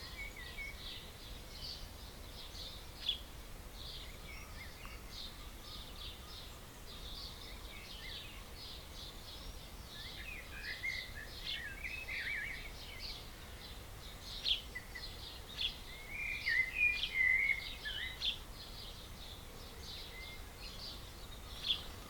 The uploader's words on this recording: We play part of a recording from Brian, of the Dawn Chorus from May 2020.